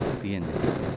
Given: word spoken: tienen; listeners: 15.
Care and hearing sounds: one Spanish word in noise, from a listening test; noise modulated by three-talker babble; -4.1 dB; 0 of 15; 6 of 15; 0.57 s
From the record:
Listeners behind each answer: 6, 5, 2, 2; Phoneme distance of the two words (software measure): 24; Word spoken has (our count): 2 syllables, 6 phonemes, stress on syllable 1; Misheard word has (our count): 2 syllables, 6 phonemes, stress on syllable 1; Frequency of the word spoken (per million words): 417.23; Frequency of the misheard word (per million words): 28.17

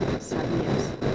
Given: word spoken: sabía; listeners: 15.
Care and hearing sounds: one Spanish word in noise, from a listening test; noise modulated by three-talker babble; -6.6 dB; 0 of 15; 14 of 15; 0.75 s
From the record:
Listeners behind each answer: 14, 1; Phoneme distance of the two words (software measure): 17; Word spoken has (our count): 3 syllables, 5 phonemes, stress on syllable 2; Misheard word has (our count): 2 syllables, 6 phonemes, stress on syllable 1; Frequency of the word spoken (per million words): 123.71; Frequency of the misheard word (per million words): 1.57

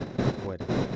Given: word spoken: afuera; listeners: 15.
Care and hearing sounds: one Spanish word in noise, from a listening test; noise modulated by one talker; -9.3 dB; 0 of 15; 9 of 15; 0.56 s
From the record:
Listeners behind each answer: 9, 2, 1, 1, 1, 1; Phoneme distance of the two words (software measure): 24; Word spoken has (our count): 3 syllables, 6 phonemes, stress on syllable 2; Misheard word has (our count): 2 syllables, 6 phonemes, stress on syllable 1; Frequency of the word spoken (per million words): 32.80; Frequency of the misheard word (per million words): 149.63

